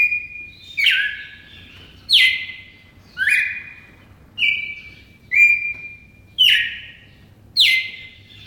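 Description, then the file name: Red-crested cardinal song of bright whistled notes. Each note starts high and drops into a steady tone, about eight phrases at roughly one-second intervals. Song variation 4. "suara kicauan burung red crested cardinal. omkicau"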